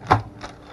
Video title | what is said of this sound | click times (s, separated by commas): Kitchen Gadgets/ Wrap Master- How to Change the Paper/Plastic/Foil | close this portion down, clicks in place there | 0.1 s